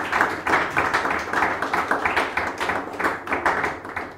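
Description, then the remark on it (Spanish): An audience at a church sermon gives a big round of applause to the Lord, clapping together in a steady, rhythmic beat, many hands striking in quick unison for several seconds. The applause stays fairly loud and even throughout, with no talking over it. “Si lo crees, denle un aplauso grande al Señor.”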